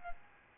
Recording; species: mosquito wingbeat signal from an infrared sensor; Aedes albopictus